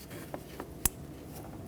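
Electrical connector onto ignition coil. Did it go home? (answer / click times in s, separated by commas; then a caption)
yes / 0.9 s. An electrical connector is pushed onto the ignition coil of a 2011–2016 Ford F-350 with the 6.2L V8 during ignition coil boot replacement. Two faint ticks at about 0.3 and 0.6 seconds lead up to a sharp, loud click at 0.9 seconds, and the connector is seated.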